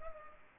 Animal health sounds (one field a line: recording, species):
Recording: mosquito wingbeat signal from an infrared sensor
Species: Culex pipiens